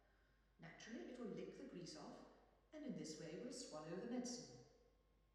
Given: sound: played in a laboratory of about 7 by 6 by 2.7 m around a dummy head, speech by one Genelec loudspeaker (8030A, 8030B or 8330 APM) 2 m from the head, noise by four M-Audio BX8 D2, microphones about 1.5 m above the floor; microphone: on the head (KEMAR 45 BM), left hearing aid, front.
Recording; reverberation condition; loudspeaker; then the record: female speech in English; high; 150 degrees to the left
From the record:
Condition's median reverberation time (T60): about 1300 ms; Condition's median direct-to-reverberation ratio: about -4.0 dB